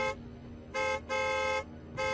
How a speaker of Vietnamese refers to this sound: Anh ta chưa nói dứt lời thì có tiếng còi xe hơi từ phía sau. Một chiếc xe hơi hiệu Mazda đang tới.